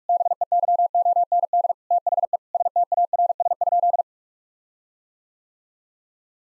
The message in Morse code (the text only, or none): BEYOND THE STARS?